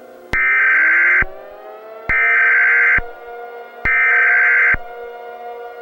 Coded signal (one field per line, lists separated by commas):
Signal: Emergency Alert System (SAME) tones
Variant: header bursts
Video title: EAS Scenario: SCP-001 When Day Breaks..... [loud] PART 1